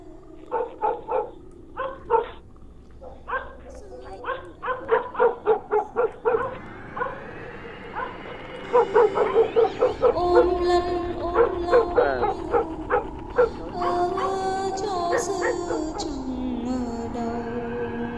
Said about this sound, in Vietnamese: Cô đi đến đâu thì chó ở trong làng cứ sủa lên ông ổng. Người ta chỉ nghe thấy trong tiếng mưa gió tiếng chó cắn ma ông ổng ấy, mơ hồ có tiếng ai đang hát ru con.